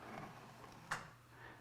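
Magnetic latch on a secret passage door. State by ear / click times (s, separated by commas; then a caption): released / 0.9 s. A handmade eyeballs-and-teeth object with magnets embedded inside is moved in the right pattern over hidden magnetic sensors, and a single sharp click sounds at 0.9 s against a quiet background. The magnetic latch on the secret passage door releases, unlatching the door.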